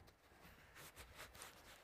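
A triangular magnetic microphone transmitter module is handled and lined up with the triangle in a foam throwable microphone cube, producing low, soft handling and rustling noise with a couple of brief louder bumps near 1.4 s. The module has not seated or clicked into the cube yet.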